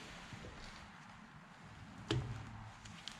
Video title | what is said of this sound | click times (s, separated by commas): Part 3 Volvo Backhoe Bl70 Injector Pumps Install D4D CBE2 Diesel Deutz BF4M2012 | just clicked into place there it is | 2.1 s